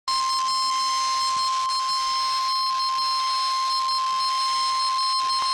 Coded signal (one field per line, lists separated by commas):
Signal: Emergency Alert System (SAME) tones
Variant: 1050 Hz attention tone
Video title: Severe Thunderstorm Warning (EAS #242)